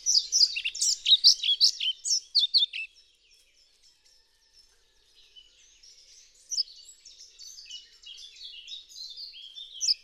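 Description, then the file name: European pied flycatcher song opens with a brisk burst of high, bright notes lasting about three seconds, followed by quiet and then faint high twittering. "Bonte Vliegenvanger Ficedula hypoleuca"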